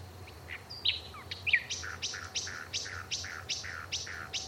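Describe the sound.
Bird song: after a few scattered notes, short bright chirps repeated steadily, each dropping in pitch, over a low constant hum.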